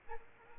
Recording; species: mosquito wingbeat signal from an infrared sensor; Aedes aegypti